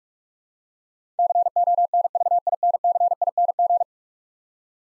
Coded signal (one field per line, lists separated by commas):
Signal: Morse code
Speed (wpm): 46 wpm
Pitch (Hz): 700 Hz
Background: none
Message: CONVINCING